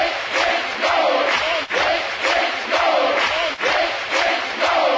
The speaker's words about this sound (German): Oh, Beifall! Aus mit dem Beifall! Aus mit dem Beifall!